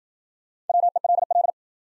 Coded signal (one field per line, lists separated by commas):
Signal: Morse code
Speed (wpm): 53 wpm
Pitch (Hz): 700 Hz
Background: none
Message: WELL